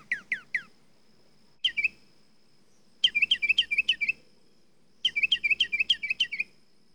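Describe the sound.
Mockingbird singing varied phrases: three quick downslurred notes, then bursts of rapid repeated chirps alternating high and lower pitches, separated by short pauses.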